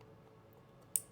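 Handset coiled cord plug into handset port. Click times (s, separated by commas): 1.0 s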